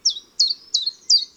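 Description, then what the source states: Common chiffchaff song: four high, sharp notes, each slurring downward, evenly spaced, with a quiet background. Repetitive 'tip tap' song, always the same, heard in a forest during a walk.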